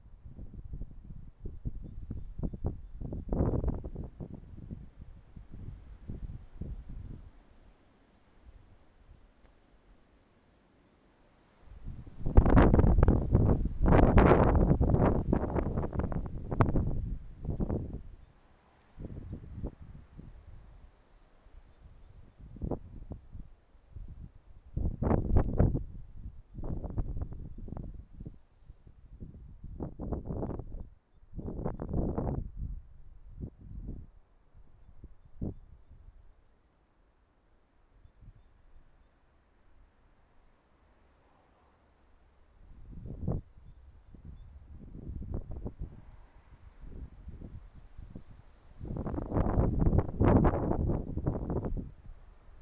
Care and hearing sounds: everyday scene through a hearing-aid microphone; wind on the microphone; wind, traffic, birds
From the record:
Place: suburban garden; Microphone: behind the ear, right, front

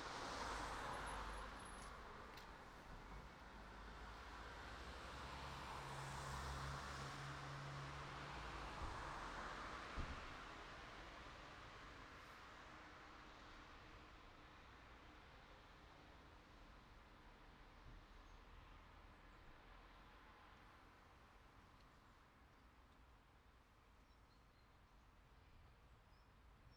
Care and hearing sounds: everyday scene through a hearing-aid microphone; in traffic; traffic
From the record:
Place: city secondary road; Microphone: in the ear canal, right

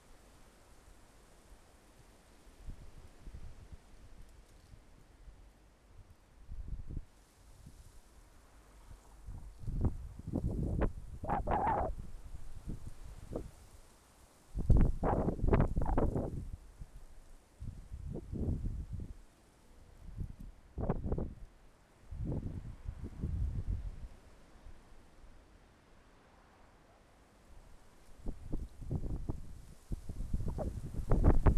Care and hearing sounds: everyday scene through a hearing-aid microphone; wind on the microphone; wind, traffic, birds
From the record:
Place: suburban garden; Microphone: behind the ear, left, rear

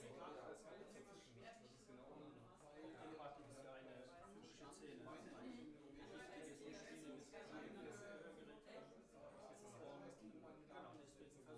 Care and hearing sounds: everyday scene through a hearing-aid microphone; many people talking; many voices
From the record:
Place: bistro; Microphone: behind the ear, left, front

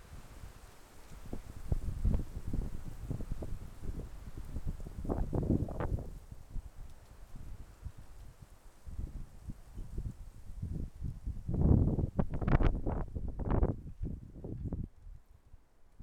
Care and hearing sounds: everyday scene through a hearing-aid microphone; wind on the microphone; wind, traffic, birds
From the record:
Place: suburban garden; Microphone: behind the ear, left, front

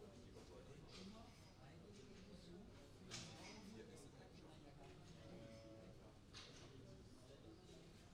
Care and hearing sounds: everyday scene through a hearing-aid microphone; many people talking; many voices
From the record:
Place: university cafeteria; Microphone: in the ear canal, right

